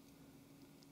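A flex cable connector is handled over its socket on the mainboard of a Galaxy Note 3 phone, with a steady low hum and faint patter throughout and two brief sharp ticks near 0.8 and 1.0 seconds. The connector has not snapped into place, and nothing has seated or clicked yet.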